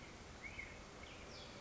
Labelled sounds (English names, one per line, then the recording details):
Black-headed Grosbeak
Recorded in Sonoma County, California